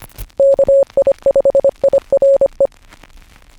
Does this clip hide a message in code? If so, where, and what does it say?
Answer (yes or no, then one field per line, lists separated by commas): yes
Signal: Morse code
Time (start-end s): 0.4-2.7 s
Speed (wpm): 25 wpm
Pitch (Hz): 550 Hz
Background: none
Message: KI5IRE